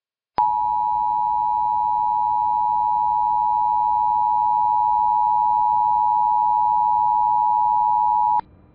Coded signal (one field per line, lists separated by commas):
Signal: Emergency Alert System (SAME) tones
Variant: 853 and 960 Hz attention tone